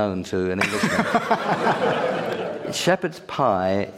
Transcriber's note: laughter